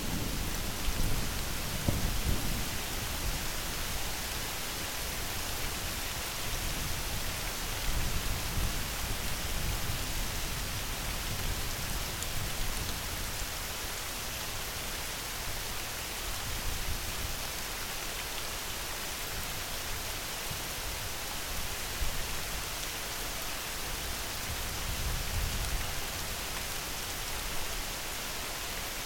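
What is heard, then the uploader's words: Rain falls steadily at night in a dense, even hiss that fills the high end and holds constant throughout. Beneath it, a low rumble swells and fades, strongest near the start and again around twenty-five seconds, like thunder or wind. MIDNIGHT RAIN.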